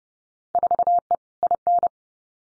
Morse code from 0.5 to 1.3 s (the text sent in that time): 4E